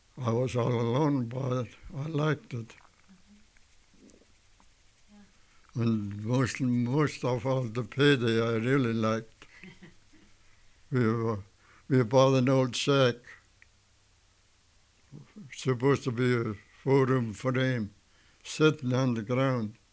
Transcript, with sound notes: I was all alone, but I--- I liked it. Und most, most of all the payday I really liked. [Both laugh] Yeah. We bought an old shack. Supposed to be a four room frame sittin' on the ground.